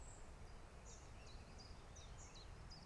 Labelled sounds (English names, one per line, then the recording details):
Common Chiffchaff
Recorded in Germany
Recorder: ecoPi